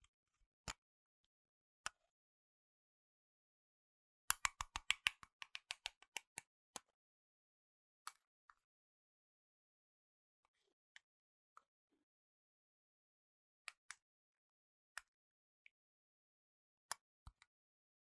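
Fingertip taps on Apple devices and boxes, sharp and clicky against near silence. Single taps fall every second or two, with a quick burst of rapid tapping around the fifth second, then scattered taps through the rest.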